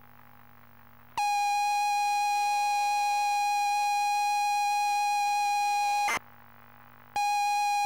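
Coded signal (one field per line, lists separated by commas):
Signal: ZX Spectrum tape loading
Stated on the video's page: ZX Spectrum +2 cassette tape loading on a real machine, not an emulator.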